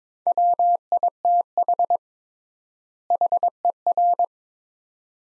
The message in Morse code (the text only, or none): WITH HER